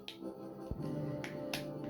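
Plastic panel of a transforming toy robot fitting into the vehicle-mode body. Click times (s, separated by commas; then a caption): 0.1 s, 1.2 s, 1.5 s. Plastic panels of a transforming toy robot are pressed together into the vehicle-mode body, and the piece sometimes has to be crunched together to fit. Three sharp plastic clicks sound at 0.1 s, 1.2 s and 1.5 s over a steady tonal background. The panels seat, and the toy is locked into vehicle mode.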